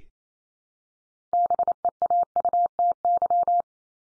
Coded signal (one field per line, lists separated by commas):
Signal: Morse code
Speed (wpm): 28 wpm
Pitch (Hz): 700 Hz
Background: none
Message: BEAUTY